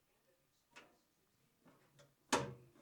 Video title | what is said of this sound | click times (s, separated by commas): Wall Mount Drill Storage Rack with Charging Station Power Tool | and slides down, locks into place. | 2.3 s